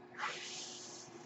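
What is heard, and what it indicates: A soft rush of air swells quickly, then settles into a steady hiss lasting just over a second, with no voice. This is the airflow of a home mechanical ventilator delivering a breath between the user's words.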